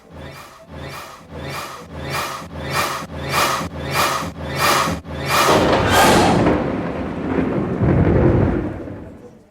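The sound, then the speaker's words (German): Rolling thunder from a thunderstorm about to cover Yershalaim builds into a deep, loud rumble that swells and lingers, preceded by a run of rhythmic, gusty bursts of sudden wind, with no voices present. “Levi verstummte und grübelte, ob das Gewitter, das ihr Schalaim gleich zudecken würde, im Schicksal des unglücklichen Jeschua eine Wende bringen mochte.”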